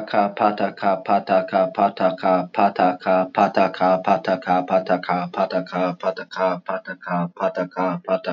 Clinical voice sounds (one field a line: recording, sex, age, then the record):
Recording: repeated syllables /pa ta ka/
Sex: male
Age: 20 to 29 years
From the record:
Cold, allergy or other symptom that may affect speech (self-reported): no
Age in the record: 25 years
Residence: Ohio, United States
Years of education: 14